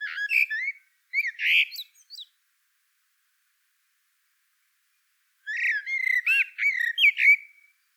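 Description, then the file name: Common blackbird giving short bursts of warbled, squeaky notes, a brief cluster at the start and a longer chattering run near the end, with silence between. "Turdus merula"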